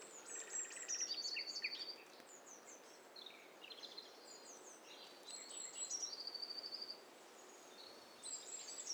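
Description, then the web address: Birds: a chorus of overlapping birdsong, with thin high whistles, short trills and chirps coming in bursts, over steady background hiss. Many birds singing at once. "Hi Fi STEREO BIRD COCKTAIL PARTY Challenge"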